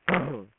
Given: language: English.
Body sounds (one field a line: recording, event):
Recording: throat vibration sensor signal played as sound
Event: throat clearing